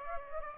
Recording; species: mosquito wingbeat signal from an infrared sensor; Aedes aegypti